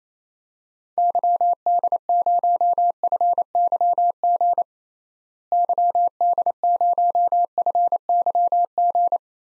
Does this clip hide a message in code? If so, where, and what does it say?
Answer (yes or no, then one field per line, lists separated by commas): yes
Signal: Morse code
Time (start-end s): 1.0-9.2 s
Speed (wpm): 28 wpm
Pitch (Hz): 700 Hz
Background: none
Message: YD0FYG YD0FYG